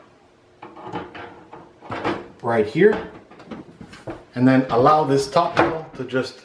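The top panel of a Fractal Design Define R6 Blackout TG computer case is positioned over the chassis so its two small notches line up with the case, ready to be pressed down. Someone talks throughout, with a few soft handling knocks around 0.6, 1.2, 1.5 and 1.9 seconds. Nothing has seated or clicked yet.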